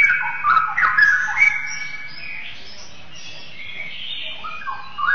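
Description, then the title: Oriental magpie-robin song, a burst of rich whistled and warbled phrases in the first half, then a quieter pause and a brief return of whistles near the end. "Kicau Kacer"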